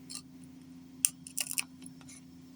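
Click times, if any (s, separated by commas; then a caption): none. A crest badge is pressed back onto the grimy body of a Kenwood Chef A901 stand mixer, giving one sharp plastic-like tap followed by a brief cluster of light clicks and scrapes over a steady low hum. The badge has not clicked into place, because the mixer body is so dirty.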